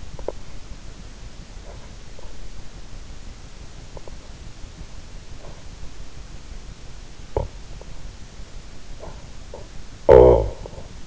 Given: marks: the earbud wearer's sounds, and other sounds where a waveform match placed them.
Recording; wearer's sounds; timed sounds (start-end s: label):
sounds in sleep by an in-ear microphone; snoring breath
0.00-0.59 s: snoring breath
1.48-2.55 s: snoring breath
3.78-4.41 s: snoring breath
5.22-5.78 s: snoring breath
7.11-7.96 s: snoring breath
8.82-11.07 s: snoring breath